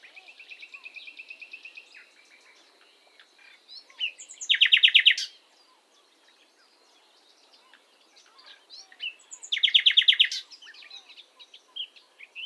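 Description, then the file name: Common nightingale song opening with a steady trill of repeated notes, then two powerful bursts of rapid repeated notes linked by softer scattered whistles and twitters. "Luscinia megarhynchos"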